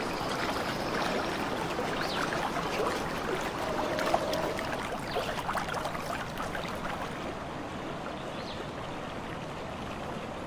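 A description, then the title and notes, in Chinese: A real recording of natural ambience, a steady, dense wash like flowing water or a trickling stream. Small bright splashes and ticks scatter through the first half, with a brief tone near four seconds, and the sound eases slightly toward the end. 真实录制的大自然白噪音氛围。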